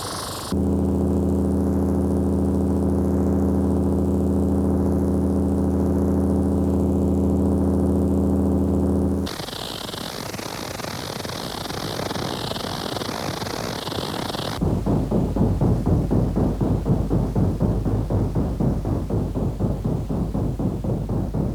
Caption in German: Die jetzt folgenden Geräusche sind mit einem Synthesizer, wie ein Phantombild der Polizei, nach den Auskünften der Betroffenen nachgestellt worden. Hören Sie nun Ohrgeräusche.